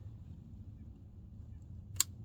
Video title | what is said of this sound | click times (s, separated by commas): If you have oil leaking down from your starter on a 7.3...it may be your icp | There we go. You heard the snap. | 2.0 s